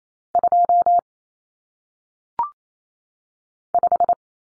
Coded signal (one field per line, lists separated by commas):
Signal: Morse code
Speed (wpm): 28 wpm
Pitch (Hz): 700 Hz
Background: none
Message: 2 5